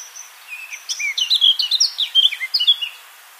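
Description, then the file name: Eurasian blackcap song: a soft opening then a rich, liquid run of fluty whistles and quick slurs lasting about two seconds. "Sylvia atricapilla"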